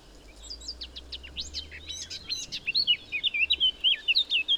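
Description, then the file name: Eurasian blackcap song beginning with a scratchy, jumbled twitter and ending in a run of loud, clear fluted whistles repeated quickly. "Sylvia atricapilla"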